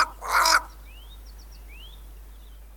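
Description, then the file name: Cape crow giving a single loud, harsh caw near the start, followed by faint thin rising whistles. "Black Crow (Corvus capensis)"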